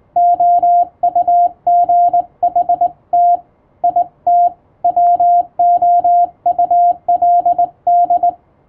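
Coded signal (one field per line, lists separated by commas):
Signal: Morse code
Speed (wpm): 21 wpm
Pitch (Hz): 700 Hz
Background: radio noise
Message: OUGHT IT WOULD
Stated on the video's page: Morse code sent with a telegraph key by a first-class radiotelegraph operator, as a thank-you message.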